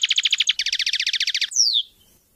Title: Chant Chardonneret